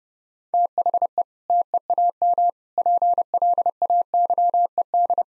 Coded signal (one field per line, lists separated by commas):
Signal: Morse code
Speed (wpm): 30 wpm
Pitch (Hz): 700 Hz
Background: none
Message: THE TEAM PLAYED